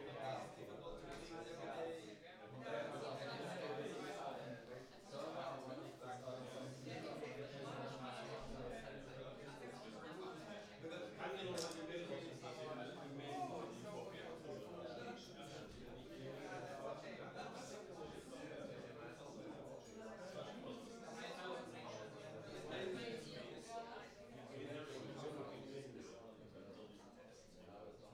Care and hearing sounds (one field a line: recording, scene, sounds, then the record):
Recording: everyday scene through a hearing-aid microphone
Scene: many people talking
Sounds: many voices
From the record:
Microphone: in the ear canal, right